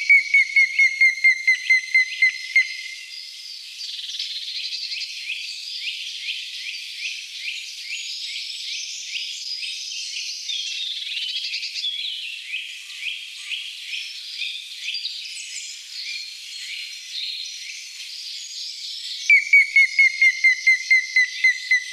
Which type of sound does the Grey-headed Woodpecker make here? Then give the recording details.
song. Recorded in the wild. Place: Gottenheim / Freiburg im Breisgau, Baden-Württemberg, DE. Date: 1979-04-22. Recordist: Schwarz, Dieter